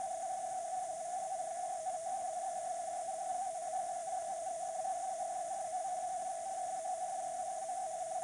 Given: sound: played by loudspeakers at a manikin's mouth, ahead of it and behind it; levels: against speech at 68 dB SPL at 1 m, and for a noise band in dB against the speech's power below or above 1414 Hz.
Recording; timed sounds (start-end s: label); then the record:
test signals for a remote microphone
0.00-8.24 s: noise band at 707 Hz, as loud as that band is in speech
From the record:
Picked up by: remote microphone D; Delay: 24 ms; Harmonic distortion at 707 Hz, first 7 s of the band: under -32 dB